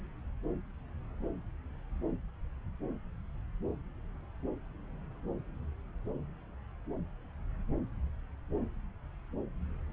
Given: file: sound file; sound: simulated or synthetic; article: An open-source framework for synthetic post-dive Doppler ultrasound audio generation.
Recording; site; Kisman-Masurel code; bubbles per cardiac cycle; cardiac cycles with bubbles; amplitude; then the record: Doppler ultrasound audio after a dive; subclavian; 111; 1–2; 1–10%; barely perceptible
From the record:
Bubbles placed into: full cardiac cycles